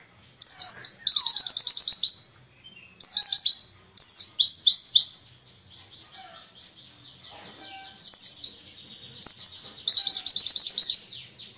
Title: mster Mnuk. Pleci ngalas isian untuk masteran